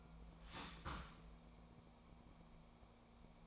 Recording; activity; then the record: daily activity, microphone in the room; start toaster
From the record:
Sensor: 1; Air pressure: 1000.3 hPa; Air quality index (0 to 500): 153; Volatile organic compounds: 3 ppm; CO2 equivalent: 1437 ppm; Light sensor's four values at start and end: 30/75/32/38 and 30/75/31/38